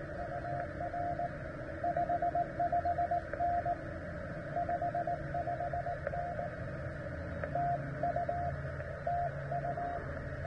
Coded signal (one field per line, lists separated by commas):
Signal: Morse code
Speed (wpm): 16 wpm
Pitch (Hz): 700 Hz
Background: radio noise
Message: UR 55N 55N TU TU